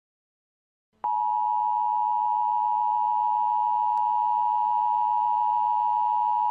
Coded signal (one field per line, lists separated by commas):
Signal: Emergency Alert System (SAME) tones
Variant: 853 and 960 Hz attention tone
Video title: EAS scenario the underlight virus *reuplouded*